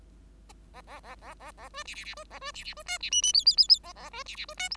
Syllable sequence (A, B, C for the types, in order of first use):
A A A A A A B C C C B A B C C B D C E E F F F F A A B C C B D G